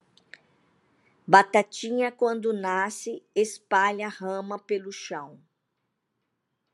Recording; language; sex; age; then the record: short text; Brazilian Portuguese; female; 60 to 69 years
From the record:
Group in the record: control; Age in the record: 60 years